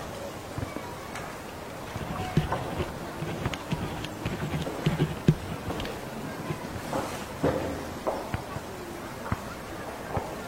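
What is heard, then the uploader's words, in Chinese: A classroom after school, with scattered voices talking. Short knocks and scrapes, like chairs or desks being moved, pop up irregularly, loudest around the middle and near the seven-second mark, over a steady low hum. 放学后的教室。氛围白噪音。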